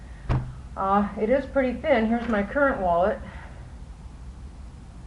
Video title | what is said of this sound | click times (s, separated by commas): Big Skinny Demo | um this snap here will just automatically close | 0.3 s